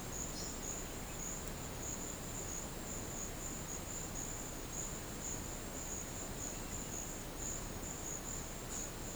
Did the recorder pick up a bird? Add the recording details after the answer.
no. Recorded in secondary vegetation near Puerto Asís, Putumayo, Colombia, on 18 December 2024 at 12:00. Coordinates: 0.489, -76.322. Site G059